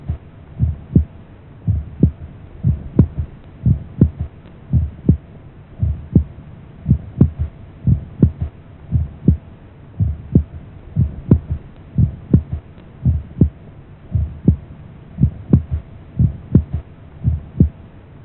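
Steady, low-pitched heartbeats at about 60 a minute, each cycle followed by an extra soft, dull thud, over a faint constant hum. This is a physiological third heart sound, a harmless early filling sound of the heart, as a sound effect.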